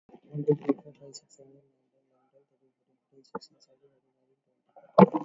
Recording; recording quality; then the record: counting at a fast pace; moderate, slight background noise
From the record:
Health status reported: COVID-19 positive, mild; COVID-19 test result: positive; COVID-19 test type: RT-PCR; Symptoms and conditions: fatigue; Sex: male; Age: 31 years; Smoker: no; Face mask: not worn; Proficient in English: yes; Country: India